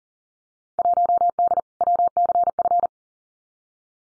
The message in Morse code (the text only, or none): 1D WCF